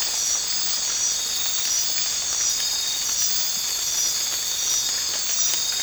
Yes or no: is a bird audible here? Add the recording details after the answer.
no. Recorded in dense forest near Puerto Asís, Putumayo, Colombia, on 8 March 2025 at 04:00. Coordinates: 0.484, -76.317. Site G064